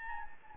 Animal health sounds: mosquito wingbeat signal from an infrared sensor; Anopheles gambiae

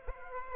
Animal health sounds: mosquito wingbeat signal from an infrared sensor; Aedes aegypti

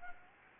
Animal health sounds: mosquito wingbeat signal from an infrared sensor; Anopheles gambiae

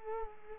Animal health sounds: mosquito wingbeat signal from an infrared sensor; Culex quinquefasciatus

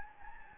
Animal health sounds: mosquito wingbeat signal from an infrared sensor; Anopheles gambiae

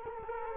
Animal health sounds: mosquito wingbeat signal from an infrared sensor; Culex quinquefasciatus

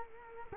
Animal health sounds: mosquito wingbeat signal from an infrared sensor; Culex quinquefasciatus

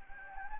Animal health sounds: mosquito wingbeat signal from an infrared sensor; Anopheles gambiae

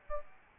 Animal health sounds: mosquito wingbeat signal from an infrared sensor; Aedes albopictus

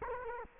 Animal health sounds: mosquito wingbeat signal from an infrared sensor; Culex quinquefasciatus

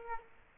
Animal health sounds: mosquito wingbeat signal from an infrared sensor; Aedes aegypti

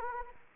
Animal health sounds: mosquito wingbeat signal from an infrared sensor; Anopheles arabiensis

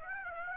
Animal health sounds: mosquito wingbeat signal from an infrared sensor; Aedes aegypti

